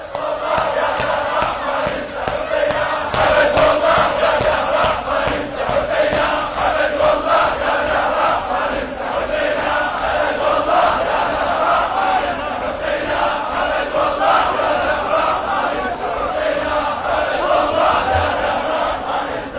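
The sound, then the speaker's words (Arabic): A large crowd shouts the chant "Labbayk ya Hussein" in unison, loud and unbroken for the whole stretch, with a steady rhythmic pulse of massed voices and no single voice standing out. “صرخة لكل العالم في هذا المكان وتثبيتا للعهد وصرخة من القلوب لبيك يا حسين.”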